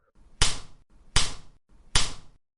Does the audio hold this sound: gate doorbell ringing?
no